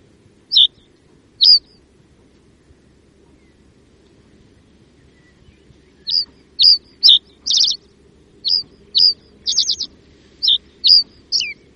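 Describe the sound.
Common reed bunting singing: two isolated high chirps, a pause, then a quick run of clipped notes and short buzzy rattles.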